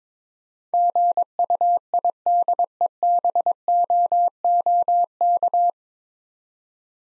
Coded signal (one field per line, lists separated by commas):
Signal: Morse code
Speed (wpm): 22 wpm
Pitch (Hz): 700 Hz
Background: none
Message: GUIDEBOOK